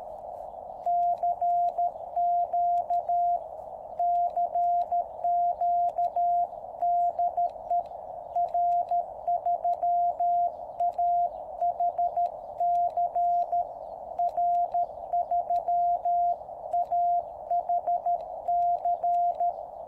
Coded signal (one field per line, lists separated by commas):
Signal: Morse code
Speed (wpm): 13 wpm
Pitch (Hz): 700 Hz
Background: radio noise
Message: CQ CQ DE R3AHC R3AHC